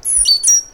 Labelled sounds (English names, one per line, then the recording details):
Stitchbird song
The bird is a male
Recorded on Tiritiri Matangi Island, New Zealand, in 2005
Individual 9, of nest box 11